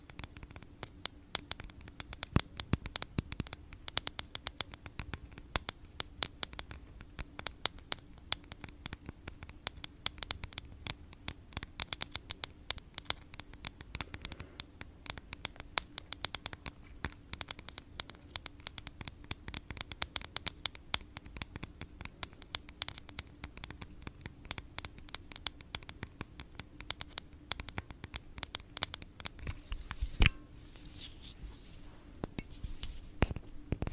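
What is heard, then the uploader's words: ASMR tapping: rapid, dense clicks and light taps run almost without pause for the whole 34 seconds, some sharper and louder than others. Beneath them sits a steady low hum. Around the 30-second mark the tapping thins briefly before picking up again. Blue yeti microphone. Asmr tapping.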